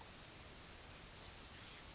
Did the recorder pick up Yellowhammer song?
no